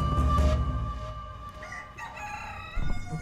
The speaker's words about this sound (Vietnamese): Anh choàng tỉnh dậy cũng là lúc con gà trống đang gáy vang sau nhà.